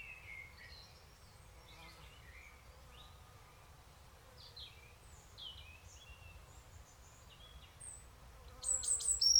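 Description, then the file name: European robin song: scattered thin, high, varied notes sung quietly throughout, ending with a brief louder pulsed trill. "Erithacus rubecula"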